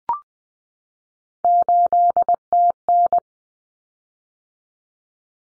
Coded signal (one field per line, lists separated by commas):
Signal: Morse code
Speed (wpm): 20 wpm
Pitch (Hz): 700 Hz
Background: none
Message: 8TN